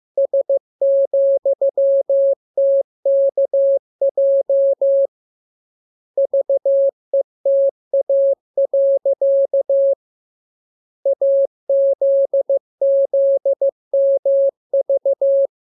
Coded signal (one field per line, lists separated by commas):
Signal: Morse code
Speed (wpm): 15 wpm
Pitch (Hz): 550 Hz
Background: none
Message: S,TKJ VETA. AZZMV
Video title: Learning Morse Code. Lesson 28. Letter KMURESNAPTLWI.JZ=FOY,VG5/Q92H